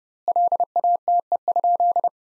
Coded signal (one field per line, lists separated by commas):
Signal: Morse code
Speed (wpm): 28 wpm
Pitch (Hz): 700 Hz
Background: none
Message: LATE?